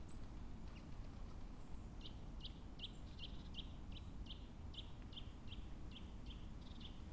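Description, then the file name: Eurasian nuthatch giving high, clipped whistled notes in a quick repeated series, paired at times, over a heavy low rumble of background noise. "Sitta europaea"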